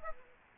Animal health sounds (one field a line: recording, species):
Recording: mosquito wingbeat signal from an infrared sensor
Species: Aedes aegypti